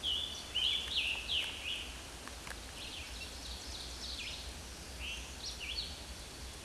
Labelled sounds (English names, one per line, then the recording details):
Scarlet Tanager song
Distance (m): 30 m
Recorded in a Pennsylvania forest on 19 May 2023 at 10:58
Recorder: AudioMoth, point grid1_6_low
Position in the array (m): 170 m, 59 m